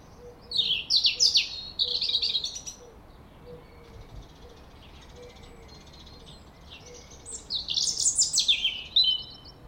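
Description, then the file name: European robin delivering two separate bursts of high, jangling warble, a pause of several seconds between them, with soft background noise. "Erithacus rubecula"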